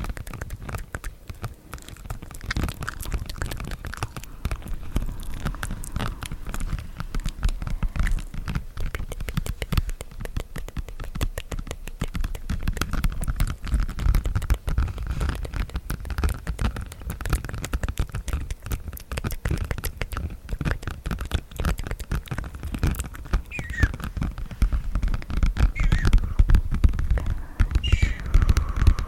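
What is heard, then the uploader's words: Mouth sounds, tapping and mic scratching run continuously, a dense crackle of tiny clicks and rustles with a soft low rumble underneath. The activity grows louder and busier toward the end, and a few brief, squeaky wet sounds appear around 23 and 27 seconds. Mouth sounds, tapping, mic scratching (NO TALKING).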